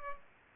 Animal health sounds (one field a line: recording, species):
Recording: mosquito wingbeat signal from an infrared sensor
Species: Culex pipiens